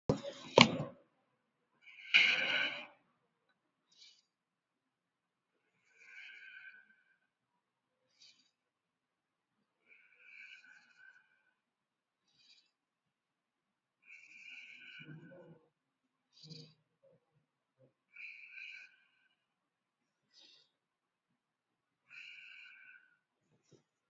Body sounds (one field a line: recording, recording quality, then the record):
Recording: shallow breathing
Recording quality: excellent, no background noise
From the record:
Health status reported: COVID-19 positive, no symptoms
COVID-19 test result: positive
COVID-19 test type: RT-PCR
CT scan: not taken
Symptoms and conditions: cough, breathing difficulty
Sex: male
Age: 52 years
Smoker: yes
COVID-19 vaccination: one dose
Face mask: worn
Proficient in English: yes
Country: India